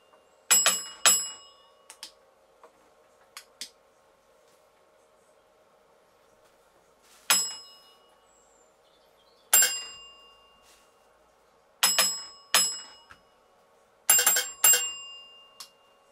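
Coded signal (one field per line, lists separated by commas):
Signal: bell signal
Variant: railway block bells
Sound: single bell strokes ringing out, in short groups separated by pauses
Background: quiet room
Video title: Block bells simple instructions St A&MRly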